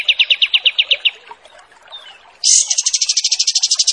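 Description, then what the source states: Olive-winged Bulbul singing a quick string of clear repeated notes, pausing, then breaking into a higher, rapid trill that continues to the end. Wild bird; used as master training audio for tutoring captive songbirds.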